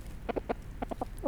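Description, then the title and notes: Brahma chicken: a hen giving a short burst of several soft, rapid clucks. Brahma hen, alone in her enclosure at Aix-les-Bains, France, vocalising while a person talks with her and asks whether she is parading to show off her plumage. "145 Bd Robert Barrier, 73100 Aix-les-Bains, France - Poule. Discussion avec une poule Brahma seule dans son enclos"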